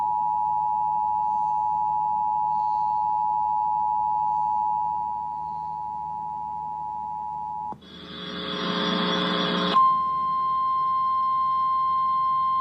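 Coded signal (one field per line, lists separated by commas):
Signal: Emergency Alert System (SAME) tones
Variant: 853 and 960 Hz attention tone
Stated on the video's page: Child abduction emergency (AMBER) EAS alert relayed by National Weather Service, via AM 1510 station heard on an FM HD2 subchannel.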